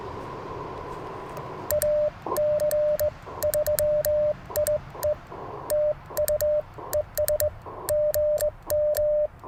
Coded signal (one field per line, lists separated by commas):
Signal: Morse code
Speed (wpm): 18 wpm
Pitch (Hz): 600 Hz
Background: radio noise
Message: AC3I E TU ES GM